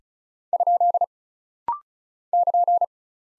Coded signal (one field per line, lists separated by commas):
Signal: Morse code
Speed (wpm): 36 wpm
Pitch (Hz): 700 Hz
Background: none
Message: ? <KN>